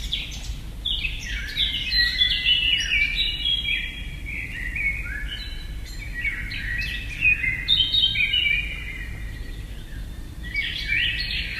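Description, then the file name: Eurasian blackcap singing a rapid, varied warble of chattering and whistled notes in long flowing phrases, with low steady background noise throughout. Recorded at Selborne. "blackcap freesound"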